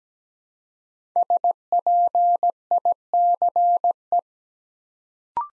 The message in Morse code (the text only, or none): SPICE